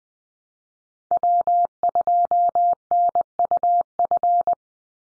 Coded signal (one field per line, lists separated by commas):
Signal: Morse code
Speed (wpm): 20 wpm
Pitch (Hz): 700 Hz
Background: none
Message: W2NUF